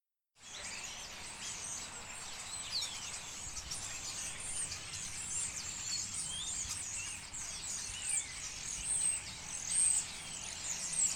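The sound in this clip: European Starlings calling as a flock: a dense, continuous wash of high squeaks, whistles and chatter with no single voice standing out, over a steady background hiss.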